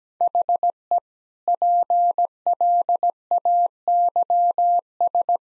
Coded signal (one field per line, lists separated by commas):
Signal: Morse code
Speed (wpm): 17 wpm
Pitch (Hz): 700 Hz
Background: none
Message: HE PLAYS